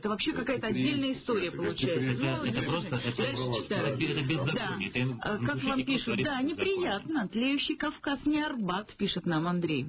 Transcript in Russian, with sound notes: Это, вообще, какая-то отдельная история получается.. (говорят вместе) Как Вам пишут: "Да, неприятно, тлеющий Кавказ не Арбат", - пишет нам Андрей.